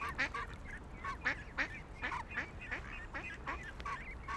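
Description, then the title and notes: Ducks quacking in a rapid series of harsh nasal calls throughout. Several ducks on a lake in a park in Vienna, being given food by people. "Patos Viena. Este es el momento en el cual en un parque de Viena damos comida a unos patos que encontramos en un lago"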